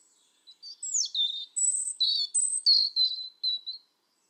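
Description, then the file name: European robin song as one continuous phrase of high thin whistles, falling slurs and rapid twittering notes, lasting about three seconds. "Erithacus rubecula"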